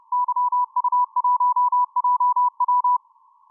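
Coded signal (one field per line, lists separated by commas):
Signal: Morse code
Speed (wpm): 33 wpm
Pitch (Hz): 990 Hz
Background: none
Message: YU1JW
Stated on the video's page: Morse heard on the 10-metre band.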